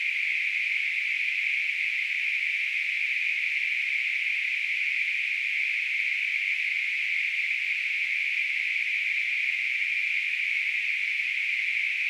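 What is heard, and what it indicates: Simulated tinnitus: a steady, unbroken narrow-band hiss centred around 2 to 3 kHz, holding the same loudness throughout, with nothing in the low frequencies.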